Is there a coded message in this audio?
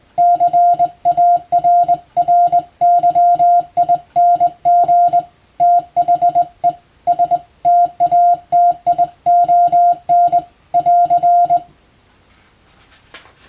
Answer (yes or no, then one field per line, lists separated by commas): yes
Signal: Morse code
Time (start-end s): 0.2-11.6 s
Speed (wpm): 21 wpm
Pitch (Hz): 700 Hz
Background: none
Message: CARRYING THE STATION <AR>